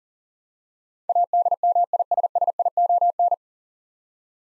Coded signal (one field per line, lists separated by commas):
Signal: Morse code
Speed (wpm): 39 wpm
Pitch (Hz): 700 Hz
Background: none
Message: ADMISSION